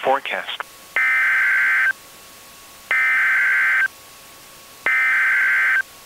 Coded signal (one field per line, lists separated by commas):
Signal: Emergency Alert System (SAME) tones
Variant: header bursts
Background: speech